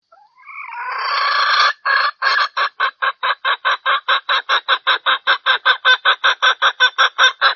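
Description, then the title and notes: Junglefowl call: a rising drawn-out squawk leading into a fast series of harsh clucking notes, steady to the end. Female junglefowl call used as a lure to attract males; said to draw dozens of males within two minutes. "Panggilan Ayam Hutan Betina. Cukup dua menit dengan suara ayam hutan betina bikin point puluhan pejantan. Pemikat Ayam Hutan"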